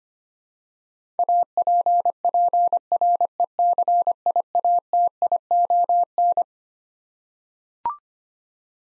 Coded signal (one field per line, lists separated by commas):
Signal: Morse code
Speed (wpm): 25 wpm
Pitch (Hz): 700 Hz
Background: none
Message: APPRECIATION